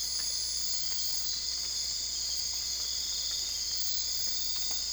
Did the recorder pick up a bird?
no